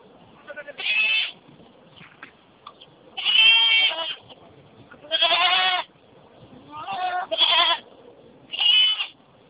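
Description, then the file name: Goat bleats: six wavering, nasal bleats, each under a second, spaced a second or two apart. Young goats. "caprette"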